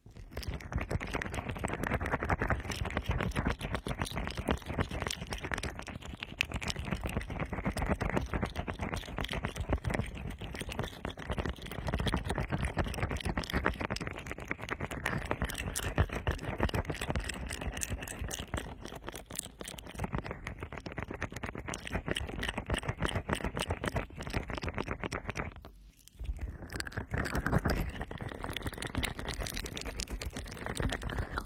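Fast rubbing of a fluffy cover against the ears, a dense scratchy rustle with a deep, muffled thump underneath. The strokes come quickly and steadily almost throughout, with a brief pause just before the 26-second mark before the rubbing resumes.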